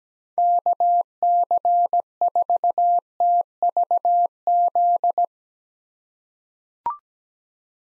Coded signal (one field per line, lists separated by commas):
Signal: Morse code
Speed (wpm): 17 wpm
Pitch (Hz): 700 Hz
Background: none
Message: KC4TVZ